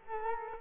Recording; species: mosquito wingbeat signal from an infrared sensor; Culex quinquefasciatus